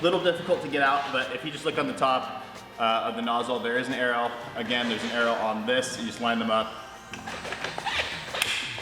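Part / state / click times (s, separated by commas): chemical spray nozzle into a battery-powered pressure cleaner wand / seated / 8.4 s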